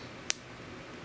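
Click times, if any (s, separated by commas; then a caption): 0.3 s. A watch band's spring bar is pushed into the lug of a Moto 360 smartwatch case and snaps into place with a sharp, bright click at 0.3 s, followed by a much fainter tick near 1.1 s. The spring bar is seated, and a pull confirms it holds.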